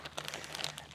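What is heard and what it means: A plastic zip-lock gutter trim cap is ratcheted down onto a mounting spike through the gutter mesh. After feeling tight with a slight bounce, it gets an extra push and gives a final click at 0.2 s, followed by a few more small crinkly clicks and rustles over low hum. The cap is seated, gripping the mesh securely.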